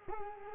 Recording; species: mosquito wingbeat signal from an infrared sensor; Culex quinquefasciatus